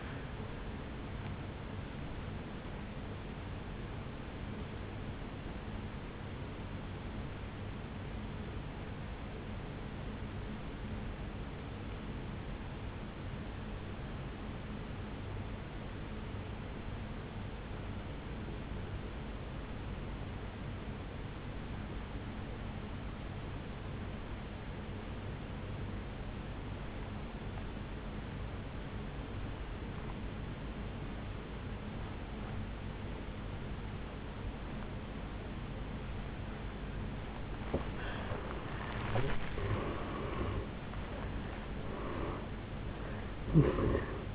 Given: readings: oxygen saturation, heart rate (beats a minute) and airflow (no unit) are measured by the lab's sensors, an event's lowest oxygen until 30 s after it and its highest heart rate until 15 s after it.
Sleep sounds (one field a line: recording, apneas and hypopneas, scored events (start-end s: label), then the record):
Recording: breathing in sleep by a voice recorder at the bedside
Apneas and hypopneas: 1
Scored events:
8.00-37.90 s: obstructive apnea (N1, oxygen 96% highest, then 82% lowest, heart rate 57 at the start, 79 highest)
15.00-44.35 s: new sleep stage, N2 (light sleep)
From the record:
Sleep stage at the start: N1 (lightest sleep)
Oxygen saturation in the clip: 83 to 96%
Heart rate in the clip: 53 to 77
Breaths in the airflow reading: 3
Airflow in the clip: -12.8 to 8.9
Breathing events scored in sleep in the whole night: 449 in 7.0 hours asleep